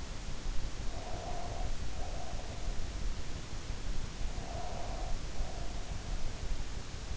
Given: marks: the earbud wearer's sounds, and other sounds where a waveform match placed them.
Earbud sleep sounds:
sounds in sleep by an in-ear microphone; breath
0.65-2.79 s: breath
4.10-6.38 s: breath

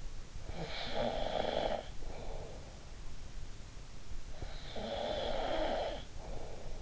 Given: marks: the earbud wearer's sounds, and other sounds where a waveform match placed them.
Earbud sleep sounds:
sounds in sleep by an in-ear microphone; snoring breath
0.48-2.76 s: snoring breath
4.22-6.82 s: snoring breath

